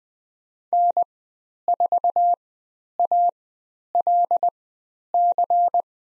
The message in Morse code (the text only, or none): N4ALC